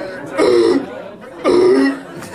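An adult comedian imitates a three-year-old toddler's croup cough: two loud barking, seal-like coughs, like a harbor seal, the kind that goes on from midnight to three in the morning.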